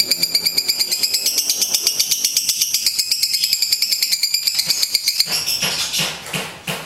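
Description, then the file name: Lovebird song, a rapid high-pitched chattering trill of pulsing buzzy notes that runs for about five seconds, then breaks into looser scratchy sounds. "lovbird"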